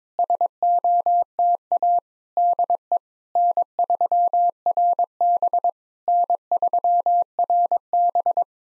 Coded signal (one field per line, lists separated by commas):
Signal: Morse code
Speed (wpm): 22 wpm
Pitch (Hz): 700 Hz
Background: none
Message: SOTA DE N3RB N3RB